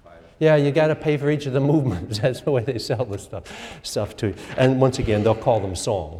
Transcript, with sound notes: Yeah, you got to pay for each of the movements. [laughs] That’s the way they sell the stuff to you, and, once again, they’ll call them songs.